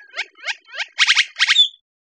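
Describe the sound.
Great-tailed grackle giving three harsh clacking notes followed by two loud rattled triple bursts and a short high whistle at the end, with a quiet background.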